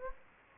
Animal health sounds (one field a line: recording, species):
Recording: mosquito wingbeat signal from an infrared sensor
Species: Anopheles gambiae